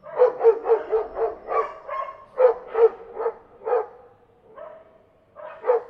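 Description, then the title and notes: Dog giving rapid runs of short, sharp barks, then slower single barks, a brief lull, and a final bark. May 2016. "Yesterday's Dogs. May 2016"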